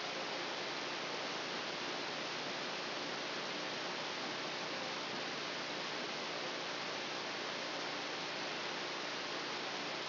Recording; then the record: brain microelectrode recording played as sound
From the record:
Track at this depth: outside the subthalamic nucleus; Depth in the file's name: 5.305 mm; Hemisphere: left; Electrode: 2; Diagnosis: Parkinson's disease